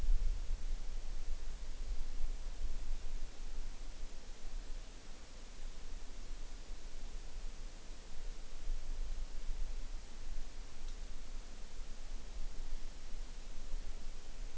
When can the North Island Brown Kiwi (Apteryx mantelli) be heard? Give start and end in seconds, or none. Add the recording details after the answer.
none. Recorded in New Zealand on 5 June 2013. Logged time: 02:19